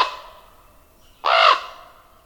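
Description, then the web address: Common raven giving a loud, hoarse, drawn-out croak after the fading tail of an earlier call. Common western North American species. "Songs of Birds of North America Know Your Bird Sounds. Common Raven"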